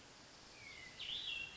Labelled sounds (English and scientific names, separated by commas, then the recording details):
Hermit Thrush (Catharus guttatus)
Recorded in Sonoma County, California